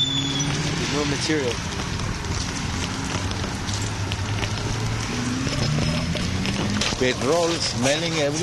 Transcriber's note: cars passing close